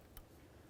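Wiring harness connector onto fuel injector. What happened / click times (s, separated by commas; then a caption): The connector clicked into place / 0.2 s. A plastic wiring harness connector is slid onto a fuel injector on a 2002-2007 Jeep Liberty engine and clicks into place at 0.2 s with a short, sharp snap. Otherwise only faint low background noise is heard. The connector is confirmed seated.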